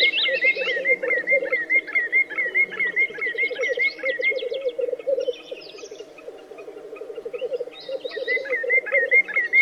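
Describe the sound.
Black grouse bubbling song, a low continuous rolling coo in waves, overlaid by another bird's repeated hooked whistle and scattered high chirps.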